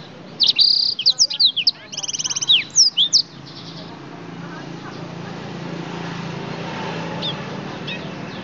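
Oriental magpie-robin song, a fast burst of varied whistled and sweeping notes, then a steady background hiss with faint chirps.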